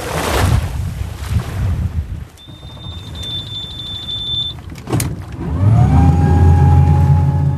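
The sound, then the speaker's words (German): Wind and surf hiss on the Black Sea coast at the Danube delta in Romania, then a thin high whine and a sharp clunk before a motorboat engine catches and settles into a loud, steady, humming drone with rising overtones as the boat is started for the trip back to the town of Tulcea. “Christian Mititello startet sein Boot, um sich von der Küste wieder auf den Rückweg in die Stadt Tulcza zu machen.”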